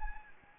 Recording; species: mosquito wingbeat signal from an infrared sensor; Anopheles gambiae